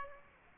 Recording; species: mosquito wingbeat signal from an infrared sensor; Aedes aegypti